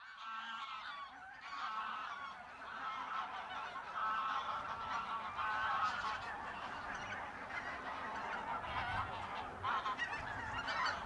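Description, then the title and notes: Goose flock calling continuously, many nasal honks overlapping into a steady clamour. Geese at renaturalised Polder Glies, Sellstedt, Germany, 9 November 2020; binaural ORTF pair of t.bone SC 140 microphones with Rycote windjammer, recorded on TASCAM DR100 MK3. "Oies - Geese. Enregistrement binaural d'oiseaux dans la zone re-naturalisé de Polder Glies, Sellstedt, Allemagne. Enregistré le 09 Novembre 2020"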